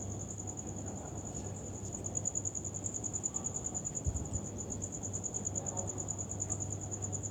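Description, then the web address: Cricket chirping in a steady, high, rapidly pulsed trill that continues without a break, over a low, constant hum. "muhammad 384. Crickets"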